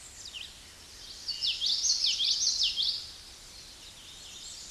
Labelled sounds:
Common Yellowthroat song
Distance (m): 10 m
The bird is about 5 m above the microphone
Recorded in a Pennsylvania forest on 16 May 2024 at 08:01
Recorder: AudioMoth, point MSD-2061
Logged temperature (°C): 16.1 °C
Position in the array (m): 226 m, 181 m

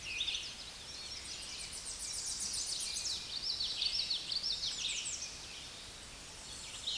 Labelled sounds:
American Redstart song
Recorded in a Pennsylvania forest on 16 May 2024 at 09:03
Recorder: AudioMoth, point MSD-2305
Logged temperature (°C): 16.9 °C
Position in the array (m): 90 m, 230 m

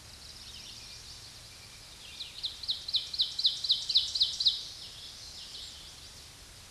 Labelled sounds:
Ovenbird song
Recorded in a Pennsylvania forest on 16 May 2024 at 07:34
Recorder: AudioMoth, point MSD-1035
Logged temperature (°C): 16.3 °C
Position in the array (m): 212 m, 129 m

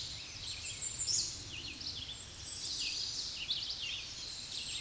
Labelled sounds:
American Redstart song
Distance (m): 30 m
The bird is about 25 m above the microphone
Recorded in a Pennsylvania forest on 16 May 2024 at 08:51
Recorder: AudioMoth, point MSD-2273
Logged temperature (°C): 16.0 °C
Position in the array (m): 59 m, 237 m

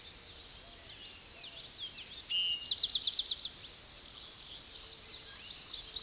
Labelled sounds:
Eastern Towhee song
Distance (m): 10 m
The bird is about level with the microphone
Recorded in a Pennsylvania forest on 16 May 2024 at 06:10
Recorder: AudioMoth, point MSD-2257
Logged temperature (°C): 16.0 °C
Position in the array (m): 190 m, 161 m

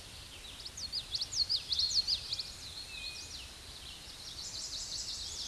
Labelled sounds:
Common Yellowthroat song
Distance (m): 15 m
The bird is about 5 m above the microphone
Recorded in a Pennsylvania forest on 16 May 2024 at 09:48
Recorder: AudioMoth, point MSD-1892
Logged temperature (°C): 14.5 °C
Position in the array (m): 90 m, 99 m

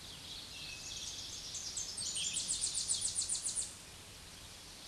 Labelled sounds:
Tennessee Warbler song
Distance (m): 20 m
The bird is about level with the microphone
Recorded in a Pennsylvania forest on 16 May 2024 at 07:06
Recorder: AudioMoth, point MSD-2306
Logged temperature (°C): 15.6 °C
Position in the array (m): 70 m, 61 m

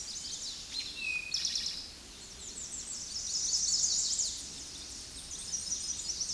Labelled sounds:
Eastern Towhee song
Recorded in a Pennsylvania forest on 16 May 2024 at 08:26
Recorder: AudioMoth, point MSD-1405
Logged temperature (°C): 15.6 °C
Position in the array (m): 169 m, 190 m

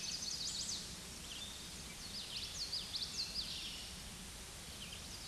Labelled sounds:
Common Yellowthroat song
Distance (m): 25 m
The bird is about 5 m above the microphone
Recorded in a Pennsylvania forest on 16 May 2024 at 06:49
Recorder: AudioMoth, point MSD-0438
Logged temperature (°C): 14.5 °C
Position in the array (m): 85 m, 83 m

